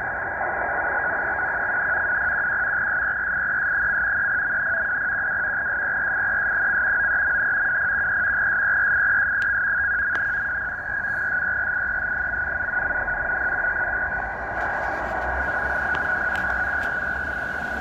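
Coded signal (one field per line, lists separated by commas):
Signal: NAVTEX (SITOR-B)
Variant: 100 baud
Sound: steady fast warbling two-tone chirp around 1.6 kHz over hiss, unbroken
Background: radio static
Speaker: so this is uh iqaluit nunavut canada this is in the uh northern territories of canada and it's the weather broadcast that was that's i'm hearing tonight on the texan h51x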